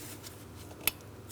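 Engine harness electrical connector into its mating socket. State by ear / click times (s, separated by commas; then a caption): seated / 0.9 s. An electrical connector on a 2003–2007 Cadillac CTS 3.6L V6, with its locking tab facing up, is lined up and pressed onto the ignition coil harness socket. A single sharp, bright click at 0.9 s stands out over a quiet, steady background, and the connector is seated.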